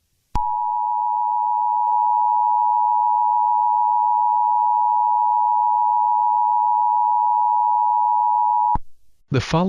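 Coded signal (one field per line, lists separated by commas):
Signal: Emergency Alert System (SAME) tones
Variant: 853 and 960 Hz attention tone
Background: speech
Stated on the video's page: Fictional mock EAS scenario about a 911 outage; not a real alert.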